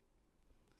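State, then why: Not seated. A plastic head part is handled against a die-cast and plastic G1 Optimus Prime model robot head as it is lined up to be pushed on. Only faint, low handling noise is heard, with no talking. Nothing has seated or clicked yet.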